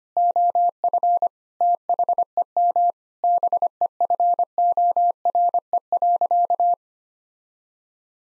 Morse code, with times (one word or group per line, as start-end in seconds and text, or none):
0.2-1.3 OF
1.6-2.9 THEM
3.2-6.7 BEFORE.